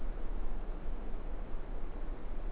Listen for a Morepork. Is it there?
no